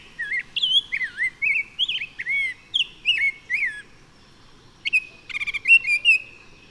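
Bird song of clear whistled phrases, each swooping up and down, in quick succession, followed by a burst of sharp chirps and a sustained whistled note.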